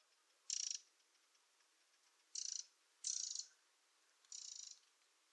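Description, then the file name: Eurasian wren giving four harsh, buzzy rattling bursts, each under half a second long, separated by irregular pauses. "Troglodytes troglodytes"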